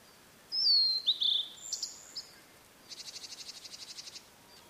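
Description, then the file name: Blue-and-white flycatcher delivers a clear, sliding whistled phrase, then a short series of evenly pulsed, buzzy notes. "oruri"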